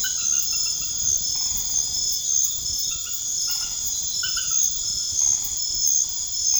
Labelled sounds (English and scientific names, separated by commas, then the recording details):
none
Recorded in secondary vegetation near Puerto Asís, Putumayo, Colombia, on 24 March 2025 at 22:00
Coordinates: 0.489, -76.322
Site G042